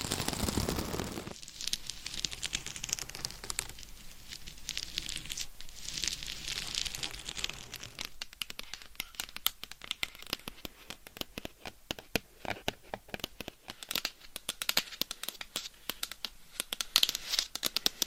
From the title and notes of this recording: ASMR for ADHD Changing Triggers Every 5 Seconds Scratching , Tapping , Massage & More No Talking.